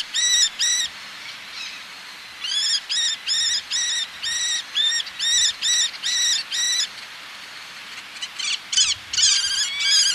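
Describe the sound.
Eleonora's falcon giving harsh, nasal, harmonic kee notes in quick repeated runs of about two per second, broken by short pauses, with a denser cluster of calls near the end.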